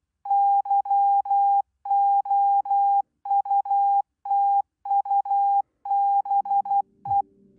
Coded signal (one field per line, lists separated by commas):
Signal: Morse code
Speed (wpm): 12 wpm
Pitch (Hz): 800 Hz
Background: none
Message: YOUTUBE